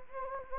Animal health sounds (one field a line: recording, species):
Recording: mosquito wingbeat signal from an infrared sensor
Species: Anopheles gambiae